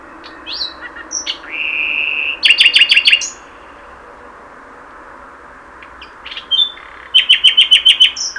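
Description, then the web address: Common nightingale song: varied whistles and a long steady tone, then fast pulsed repeated notes, a pause, and another pulsed run. "SETE Luscinia megarhynchos"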